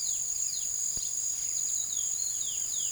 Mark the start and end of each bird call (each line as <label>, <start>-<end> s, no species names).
bird call, 0.00-2.92 s